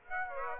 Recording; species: mosquito wingbeat signal from an infrared sensor; Aedes aegypti